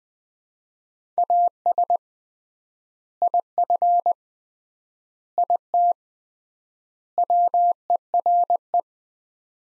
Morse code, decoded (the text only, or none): AS IF IT WERE